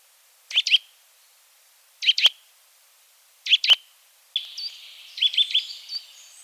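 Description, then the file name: Eurasian nuthatch sharp paired calls spaced over a second apart, then a quicker run of piping notes. "Sittelle torchepot"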